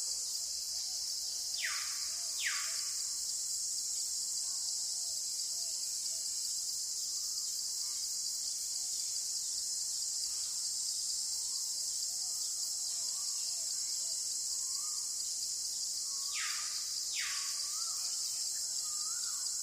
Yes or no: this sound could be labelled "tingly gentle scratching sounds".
no